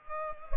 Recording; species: mosquito wingbeat signal from an infrared sensor; Culex pipiens